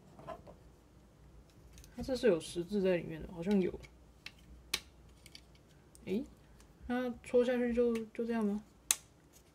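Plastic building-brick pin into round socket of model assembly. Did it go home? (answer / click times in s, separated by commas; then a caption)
yes / 8.9 s. A plastic LEGO pin/axle is pushed down into a round hole on a LEGO 21327 Typewriter model while someone talks, with a few faint taps and small knocks along the way. At 8.9 s the pin clicks in as it is pushed fully home, seating with a sharp, loud click.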